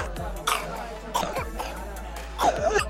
From the back of the throat, unnatural, wet, loud ones, like when the baby has croup. That unnatural gurgling hack that croup can produce in a human baby throat.